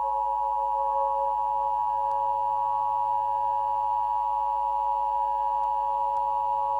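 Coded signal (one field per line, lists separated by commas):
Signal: Emergency Alert System (SAME) tones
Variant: 853 and 960 Hz attention tone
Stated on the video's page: Fictional simulated EAS scenario using valid Emergency Alert System tones.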